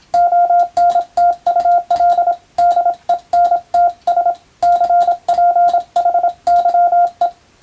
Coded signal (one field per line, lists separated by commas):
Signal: Morse code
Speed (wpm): 26 wpm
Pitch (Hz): 700 Hz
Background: none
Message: ONTUL DENTS CPHYE